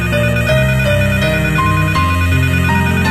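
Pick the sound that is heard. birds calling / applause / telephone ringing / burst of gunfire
telephone ringing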